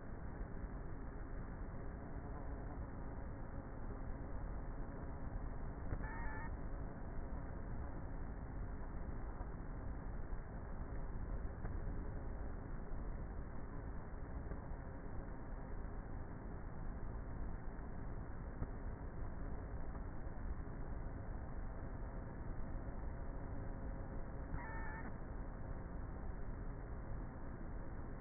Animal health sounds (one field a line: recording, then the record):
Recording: honeybee colony, microphone inside the hive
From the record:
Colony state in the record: queenless with a low population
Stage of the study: before two queens were removed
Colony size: about 30,000 bees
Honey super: no